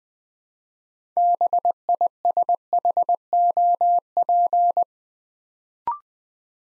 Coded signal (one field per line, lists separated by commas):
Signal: Morse code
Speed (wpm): 20 wpm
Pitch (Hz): 700 Hz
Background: none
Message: BISHOP